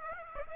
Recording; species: mosquito wingbeat signal from an infrared sensor; Aedes aegypti